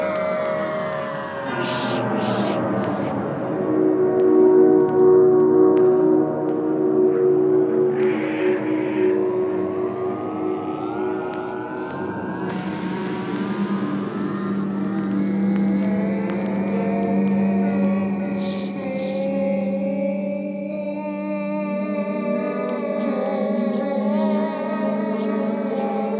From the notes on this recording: Space Fantasy – Battle – Space Battle